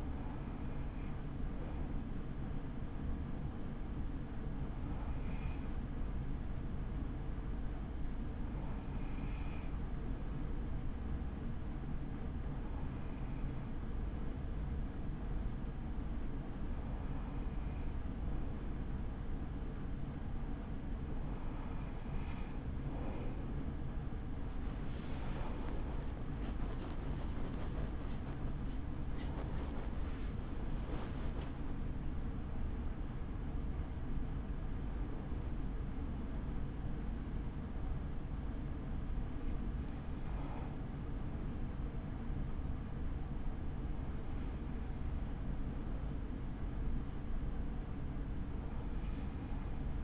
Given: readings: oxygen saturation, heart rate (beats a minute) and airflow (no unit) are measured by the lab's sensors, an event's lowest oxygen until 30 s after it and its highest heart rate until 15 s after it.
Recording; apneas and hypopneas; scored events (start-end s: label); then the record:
breathing in sleep by a smartphone at the bedside; 1
12.00-31.20 s: hypopnea (N2, oxygen 95% highest, then 94% lowest)
17.00-47.00 s: new sleep stage, N1 (lightest sleep)
47.00-50.04 s: new sleep stage, N2 (light sleep)
From the record:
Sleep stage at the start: N2 (light sleep); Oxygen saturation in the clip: 94 to 96%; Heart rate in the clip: 49 to 71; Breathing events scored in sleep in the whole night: 83 in 6.1 hours asleep